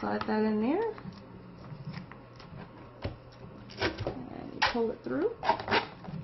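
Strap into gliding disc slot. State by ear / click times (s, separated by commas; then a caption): not seated / none. Someone talks while sliding a strap into the slot of an Amonax double-sided gliding disc core slider and pulling it through, making soft rustling, sliding handling sounds with a few small ticks. The strap is still being handled, and nothing has seated or clicked yet.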